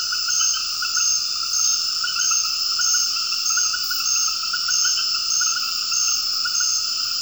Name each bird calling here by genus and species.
none